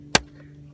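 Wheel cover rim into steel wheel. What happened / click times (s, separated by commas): The wheel cover rim snapped into the wheel / 0.2 s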